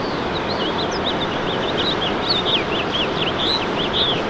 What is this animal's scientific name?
Haemorhous mexicanus